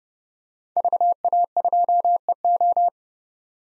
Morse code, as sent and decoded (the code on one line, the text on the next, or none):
...- .- ..--- . ---
VA2EO